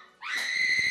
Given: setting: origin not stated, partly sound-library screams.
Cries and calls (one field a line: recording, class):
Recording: one-second piece from a danger detection set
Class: woman in danger